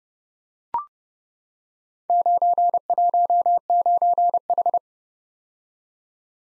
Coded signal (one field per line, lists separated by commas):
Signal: Morse code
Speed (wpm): 30 wpm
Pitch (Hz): 700 Hz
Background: none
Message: 919H